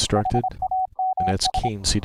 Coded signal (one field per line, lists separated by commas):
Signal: Morse code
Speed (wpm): 26 wpm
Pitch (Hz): 750 Hz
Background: speech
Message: HAMS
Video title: Remote control of a HAM RADIO RIG - a Linux Laptop connecting to a Raspberry PI Rig Interface